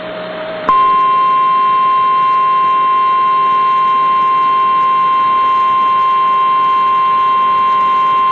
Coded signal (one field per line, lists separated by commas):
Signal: Emergency Alert System (SAME) tones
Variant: 1050 Hz attention tone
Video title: Severe Thunderstorm Warning | EAS #511